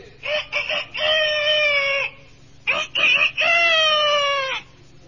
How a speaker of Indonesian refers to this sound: Untuk calon yang terakhir, kupanggil ayam kate.